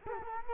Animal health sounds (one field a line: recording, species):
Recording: mosquito wingbeat signal from an infrared sensor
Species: Culex quinquefasciatus